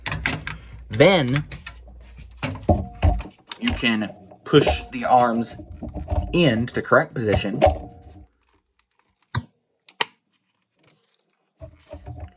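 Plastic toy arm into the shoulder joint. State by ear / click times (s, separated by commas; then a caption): seated / 10.0 s. Someone talks while the plastic arms of a Transformers War for Cybertron Siege Jetfire/Skyfire toy are pushed into the correct position, followed by a near-silent stretch with a few small taps. At 10.0 s a sharp, short click is heard as the arm seats into the shoulder joint, confirming it has clicked into place.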